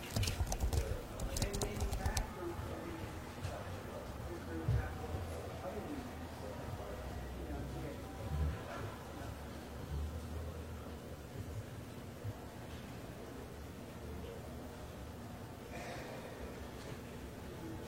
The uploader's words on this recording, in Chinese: 公共图书馆沉浸式学习 图书馆环境音 打字声 写字翻书。